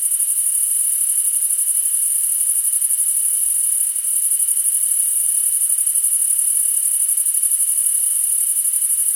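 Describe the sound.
Cricket chorus giving an unbroken, shrill pulsing buzz, very high and even, with a fainter constant whine lower down.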